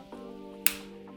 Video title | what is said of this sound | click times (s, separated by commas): MSR DynaLock Carbon Ascent | i tutaj nam zablokuje się | 0.7 s